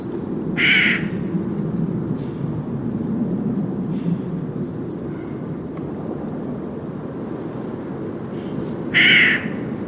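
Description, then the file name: Eurasian jay calling with two short, grating screeches near the start and end, separated by a long gap of low rumbling background noise. "Garrulus glandarius"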